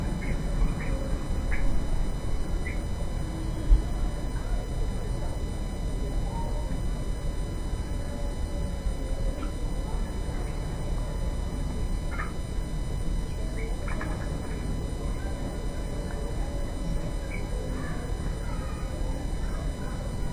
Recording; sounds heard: poultry house recording; healthy chickens